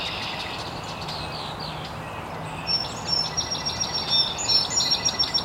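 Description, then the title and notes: Birds chirping with high thin whistles and quick repeated notes, growing busier in the second half, over a steady hiss and a faint low hum. Birds chirping very early in the morning in an estuary. "Birds Chirping in the Early Morning. Original sounds of birds chirping very early in the morning in an estuary"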